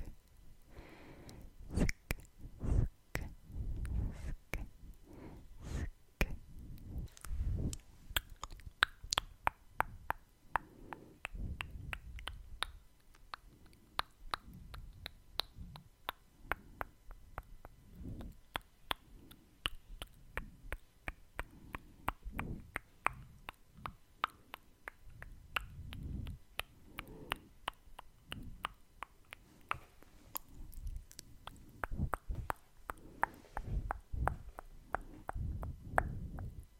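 Tongue clicks and wet kissing sounds follow one another in quick, irregular bursts, with sharp bright snaps scattered throughout the clip. Soft, low rustles of face touching and breathing swell beneath them, heaviest around the start and again near the twenty-five-second mark.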